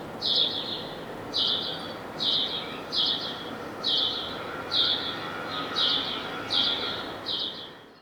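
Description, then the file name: House sparrow calls, harsh chirps repeated at a steady pace roughly every second, over continuous background hiss. "Passer domesticus"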